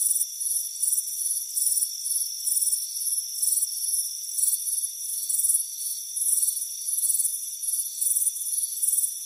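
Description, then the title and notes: Crickets chirping, high pulsed bursts about three per second over steady high-pitched insect tones, with no low sounds. Crickets chirping on a warm afternoon at a front porch. "Soothing Crickets Chirping Sound. It's a warm afternoon as you relax in a hammock on the front porch. Relax and fall asleep to the soothing sound of chirping crickets. Deep Sleep Sounds"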